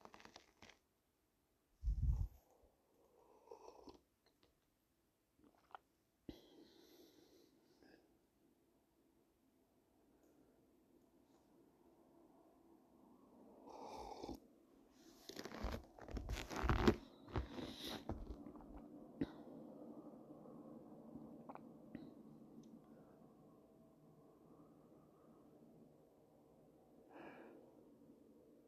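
A few scattered knocks and taps in the first seconds, including a low thump near two seconds, give way to a soft, rising rumble. Around fifteen to seventeen seconds come several sharp cracks and clatters, then a steady hiss and burble continues.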